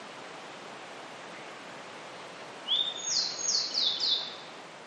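Grey bunting song: one phrase near the end, a high thin whistle followed by four bright notes, after a few seconds of quiet hiss.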